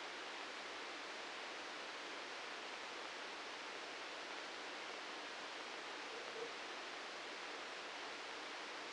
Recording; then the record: brain microelectrode recording played as sound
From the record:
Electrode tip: outside the subthalamic nucleus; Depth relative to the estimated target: -3 mm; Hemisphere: right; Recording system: NeuroSet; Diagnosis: Parkinson's disease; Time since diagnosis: 9 years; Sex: male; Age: 61 years